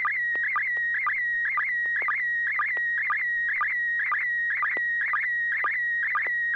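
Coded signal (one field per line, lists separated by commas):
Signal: SSTV (slow-scan television)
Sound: steady warbling whistle around 2 kHz with rhythmic chirping dips about twice a second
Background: low hum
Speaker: yeah looks like a rotator to me uh disassembled on Joel's bench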